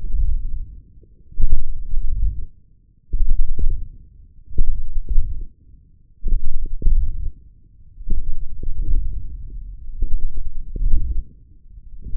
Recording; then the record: forearm muscle sounds (acoustic myography)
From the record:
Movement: wrist extension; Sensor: system 1, eight BSWA MPA416 microphones around the upper forearm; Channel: 5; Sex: male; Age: 18 years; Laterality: right